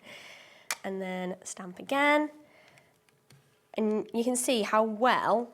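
Someone presses the button on the print-and-pattern accessory of a craft stamp platform and brings its plastic sliding index carriage down, and it gives a sharp click at 0.7 s as it seats into the next increment. Someone talks before and after the click, and a few faint ticks follow.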